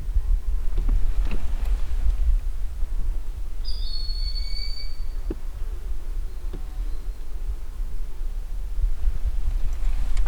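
Broad-winged hawk uttering a single high, thin whistle, slightly falling, midway through, with scattered clicks and a constant low rumble.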